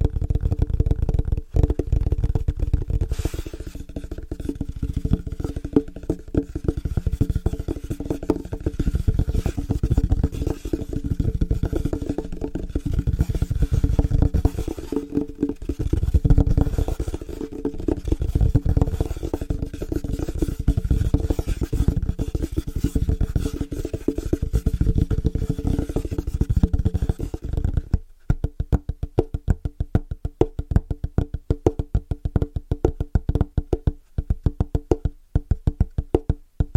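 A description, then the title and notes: Fast, rhythmic tapping on different surfaces, dense and low-sounding, with a steady thudding body and a faint ringing tone held through it. The strikes run almost continuously for the first half minute, then around 28 seconds they turn sparser and sharper, separated by brief silences. ASMR Fast & Rhythmic Tapping On Different Surfaces (No Talking).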